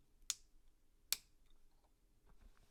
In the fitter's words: clicky click